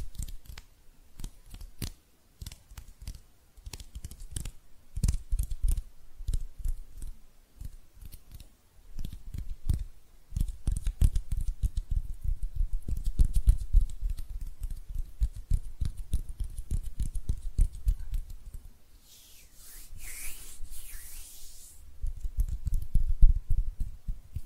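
Hand sounds made of dense, irregular clicks and soft rubbing taps, mostly low and thumping with sharp bright ticks on top. The pace is busy throughout, with a brief quieter gap near ten seconds, and a bright hissy swish around twenty to twenty-two seconds.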